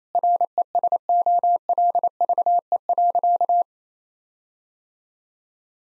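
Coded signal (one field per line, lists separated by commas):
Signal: Morse code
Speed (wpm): 27 wpm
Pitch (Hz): 700 Hz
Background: none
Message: RESOLVE.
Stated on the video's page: 28 wpm Morse practice of difficult sentences, each given a contextual hint beforehand.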